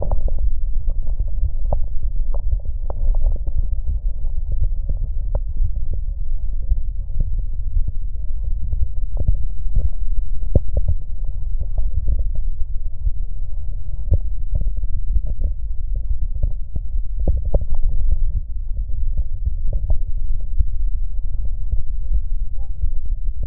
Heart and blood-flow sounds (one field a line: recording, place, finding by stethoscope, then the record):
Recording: heart sounds by stethoscope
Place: tricuspid valve (TV)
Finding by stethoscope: normal heart sounds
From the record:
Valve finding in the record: tricuspid regurgitation, grade 1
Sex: female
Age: 40 years